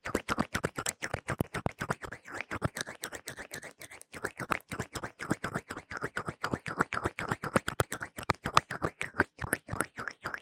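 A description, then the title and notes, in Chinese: Fast, intense ear massage with aloe gel: a rapid stream of wet, squelching rubs and taps, roughly four to five per second, steady for the whole ten seconds. Each stroke is short and crisp, with a brighter slick sound riding on top. 蘆薈凝膠極速耳朵按摩 | Fast Intense Ear massage | NO Talking。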